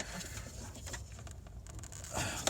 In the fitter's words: Okay, there. I heard the click. There we go.